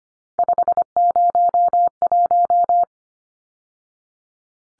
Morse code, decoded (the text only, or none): 501